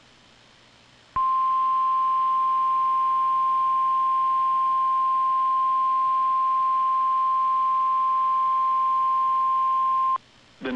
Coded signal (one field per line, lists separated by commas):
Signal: Emergency Alert System (SAME) tones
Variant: 1050 Hz attention tone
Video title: Severe Weather: NOAA Weather Radio KIH-42 - March 25-26, 2021